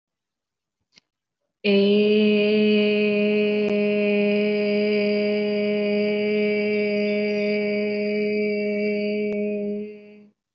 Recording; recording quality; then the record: sustained vowel as in made; excellent, no background noise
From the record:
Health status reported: respiratory illness, not identified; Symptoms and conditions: asthma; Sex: female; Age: 22 years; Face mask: not worn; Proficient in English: yes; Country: India